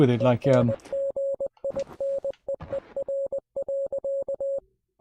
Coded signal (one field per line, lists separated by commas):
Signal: Morse code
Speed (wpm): 20 wpm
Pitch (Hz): 550 Hz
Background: speech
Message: ENGINEER.